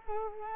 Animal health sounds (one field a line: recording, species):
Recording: mosquito wingbeat signal from an infrared sensor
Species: Culex quinquefasciatus